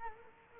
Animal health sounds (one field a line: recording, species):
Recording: mosquito wingbeat signal from an infrared sensor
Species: Culex quinquefasciatus